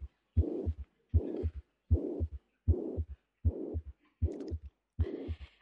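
An adult heart heard by stethoscope: a blowing murmur of mitral insufficiency, with the mitral valve leaking, over a steady heartbeat of about 78 beats per minute. A murmur like this should be investigated.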